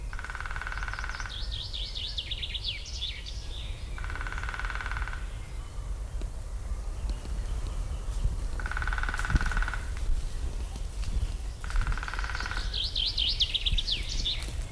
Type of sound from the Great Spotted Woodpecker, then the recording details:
drumming. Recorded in the wild. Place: Liepnitzsee, Brandenburg, DE. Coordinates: 52.75, 13.51. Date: 1995-05-06 19:50. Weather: heiter, 18°C. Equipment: Marantz CP 430, Sennheiser ME 80, Kopie Uher 4000 Report Monitor. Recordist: Tembrock, Günter